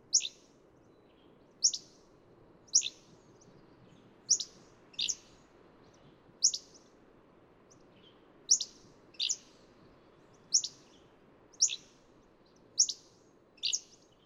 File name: Hammond's Flycatcher